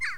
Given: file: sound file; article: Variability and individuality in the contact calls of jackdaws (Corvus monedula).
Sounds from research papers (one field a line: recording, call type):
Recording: jackdaw call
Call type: harmonic